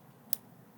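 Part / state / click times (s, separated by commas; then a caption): reloadable film canister part A into bulk film loader / seated / 0.3 s. Part A of a reloadable film canister is pushed into a bulk film loader close to the microphone. A single sharp, bright click sounds at 0.3 s against faint low background noise. Part A seats, the signal that part B can then be pushed in.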